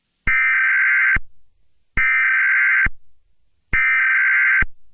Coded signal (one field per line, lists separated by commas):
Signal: Emergency Alert System (SAME) tones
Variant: header bursts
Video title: EAS SCENARIO #1: Do Not Look Up